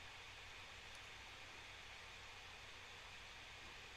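A small plastic puzzle piece is being worked by hand into a puzzle assembly, trying to get it to click into place. Only a steady broadband hiss with a low hum is heard throughout, with no distinct transients. Nothing has seated or clicked yet.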